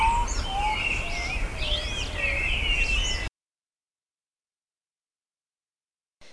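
Birds calling in a dense chorus of overlapping whistles, chirps and warbles for about three seconds, followed by silence and a brief burst of noise at the end.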